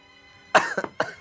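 Two short, harsh cough bursts in about half a second from an adult man, the first with a quick double hack, during a lingering influenza-like illness of a couple of weeks.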